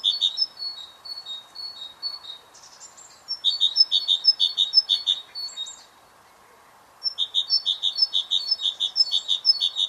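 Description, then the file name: Great tit singing in three bursts of quick two-note phrases, each ringing, repeated phrase after phrase, broken by brief silent pauses between the bursts. "Parus major"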